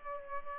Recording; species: mosquito wingbeat signal from an infrared sensor; Culex pipiens